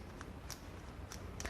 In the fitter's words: aquí yo meto la broca aprieto y además tiene un retenedor escuché ayer clic y